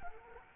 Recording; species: mosquito wingbeat signal from an infrared sensor; Culex quinquefasciatus